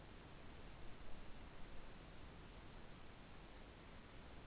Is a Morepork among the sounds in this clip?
no